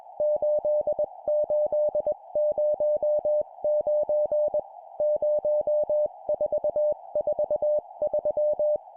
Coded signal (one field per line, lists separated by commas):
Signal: Morse code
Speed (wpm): 21 wpm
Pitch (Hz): 600 Hz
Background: music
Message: 8809 0443